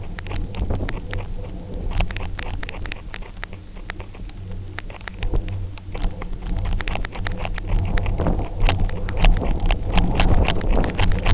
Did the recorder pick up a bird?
no